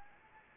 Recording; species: mosquito wingbeat signal from an infrared sensor; Anopheles arabiensis